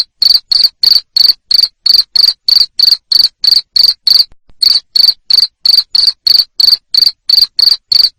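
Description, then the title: Cricket giving loud rhythmic chirps at about three per second, each one a short buzzy pulse, with a single brief break partway through. Loud cricket chirping played to stimulate lovebirds to keep singing (ngekek). "Suara JANGKRIK NGERIK Keras Bikin LOVEBIRD Jadi NGEKEK Terus Vubey"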